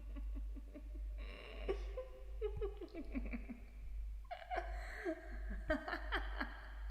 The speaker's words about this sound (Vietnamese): Khi ông ngẩng mặt lên, thở khói, thì tự nhiên bên tai của ông nghe có tiếng cười quỷ dị, cùng với tiếng nói vọng về.